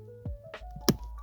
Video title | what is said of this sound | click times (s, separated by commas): How to Replace Cabin Air Filter on a Tesla Model 3 & Y (A Complete & Simple Step by Step Guide) | Wait for the click. | 0.9 s